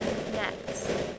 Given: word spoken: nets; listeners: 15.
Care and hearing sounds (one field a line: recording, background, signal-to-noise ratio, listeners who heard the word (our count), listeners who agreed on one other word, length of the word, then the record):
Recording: one English word in noise, from a listening test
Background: noise modulated by three-talker babble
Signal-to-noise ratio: -4.1 dB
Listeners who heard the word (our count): 2 of 15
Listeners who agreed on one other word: 10 of 15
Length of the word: 0.79 s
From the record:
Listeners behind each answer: 10, 2, 2, 1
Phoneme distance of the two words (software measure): 17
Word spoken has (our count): 1 syllable, 4 phonemes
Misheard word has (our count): 1 syllable, 5 phonemes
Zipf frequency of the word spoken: 3.71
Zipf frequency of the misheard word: 5.89